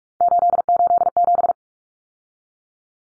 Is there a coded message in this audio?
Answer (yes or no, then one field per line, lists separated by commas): yes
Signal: Morse code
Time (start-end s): 0.2-1.5 s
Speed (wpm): 44 wpm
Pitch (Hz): 700 Hz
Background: none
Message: 887